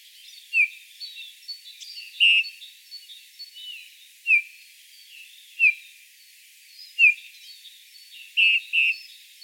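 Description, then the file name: Eurasian bullfinch giving short piping notes that slide downward, about seven in nine seconds at uneven gaps. "Pyrrhula pyrrhula"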